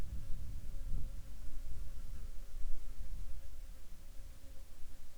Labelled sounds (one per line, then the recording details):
wind
insects
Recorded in the Arctic National Wildlife Refuge, Alaska, on 7 July 2019 at 19:33
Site 41